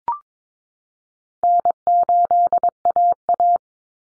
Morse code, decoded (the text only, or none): N8AA